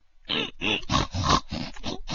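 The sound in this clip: Pig grunting, about seven short, harsh, rough bursts following each other in close succession.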